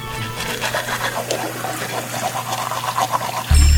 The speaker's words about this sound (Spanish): Si dejas el grifo abierto mientras te cepillas o te lavas la cara, desperdicias más de 10 litros de agua.